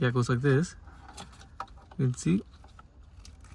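A plastic USB extension cable connector is pushed into its mating socket on the wiring harness of an aftermarket Dasaita Vivid 13 radio for a Toyota Camry, and it seats. Someone talks at the start, then a sharp latch click is heard at 1.6 s amid quieter handling taps, followed by more talk.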